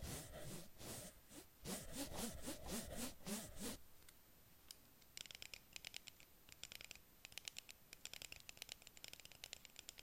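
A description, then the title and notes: Brushes rub against a squishy octopus and mermaid, starting with loud, dense scrubbing strokes and a few squeaky squishes in the first four seconds. After a short hush, quick, crisp bristle taps and scratches repeat in a fast, steady run to the end. Relax with squishy octopus and mermaid brushes...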